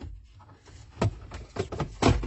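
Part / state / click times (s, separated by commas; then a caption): plastic dashboard trim panel clipped into van dashboard / released / 1.0 s, 1.7 s, 1.8 s. A plastic dashboard trim surround around the radio and vent controls, clipped into a van dashboard, is levered off with a screwdriver and then pulled free by hand. Sharp clicks are heard at 1.0, 1.7 and 1.8 seconds as the clips pop out. The clips release and the trim unit comes off.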